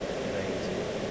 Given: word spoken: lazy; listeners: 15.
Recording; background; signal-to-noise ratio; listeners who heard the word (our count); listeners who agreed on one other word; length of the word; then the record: one English word in noise, from a listening test; speech-shaped noise; -5.8 dB; 4 of 15; 6 of 15; 0.71 s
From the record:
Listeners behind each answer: 6, 4, 1, 1, 1, 1, 1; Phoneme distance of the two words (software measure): 34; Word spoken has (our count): 2 syllables, 4 phonemes, stress on syllable 1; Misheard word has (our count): 3 syllables, 6 phonemes, stress on syllable 2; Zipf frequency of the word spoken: 4.07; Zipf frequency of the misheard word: 5.36